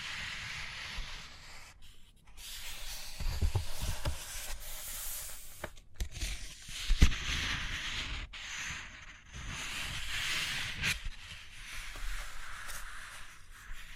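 Paper rustles and scrapes as pages turn and a pen or pencil moves across the surface, making soft hissing strokes in uneven bursts. Brief sharp taps land around the two, six, seven and eleven second marks, with short quiet gaps between movements.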